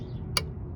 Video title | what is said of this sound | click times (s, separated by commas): C5 corvette rear license plate assembly replacement ( installing led reverse lights ) | boom clicked in | 0.4 s